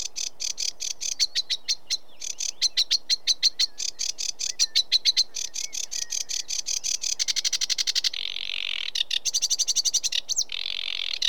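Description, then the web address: Sedge warbler song: a long, varied stream of harsh chattering, rattles and buzzy trills with brief whistled slurs, the tempo rising and falling throughout. British birds. "The BBC Sound Effects Library (British Birds) Sedge Warbler"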